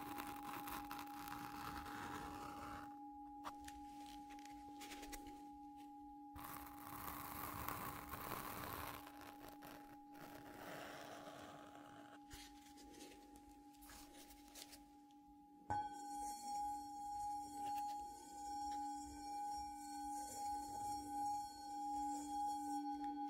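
A Tibetan singing bowl hums steadily throughout, its low and middle tones holding without a break. Soft brushing and rubbing sweeps come and go over the first fifteen seconds, and then a fresh strike at about 16 seconds brings a brighter, pulsing ring that wavers to the end.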